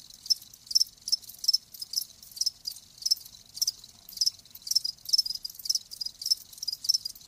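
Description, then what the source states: Crickets chirping in short high-pitched pulses, repeating quick bursts roughly twice a second with no other sounds. Live crickets, presented as a sleep sound.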